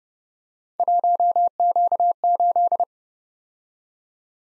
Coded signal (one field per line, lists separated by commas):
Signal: Morse code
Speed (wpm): 30 wpm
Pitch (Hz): 700 Hz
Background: none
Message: 1Q8